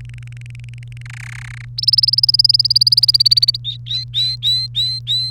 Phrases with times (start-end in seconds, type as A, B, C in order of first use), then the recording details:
0.00-1.02 A, 1.05-1.65 B, 1.78-3.56 C, 3.65-5.31 D. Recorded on 1 May 2018 at 11:02. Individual llb3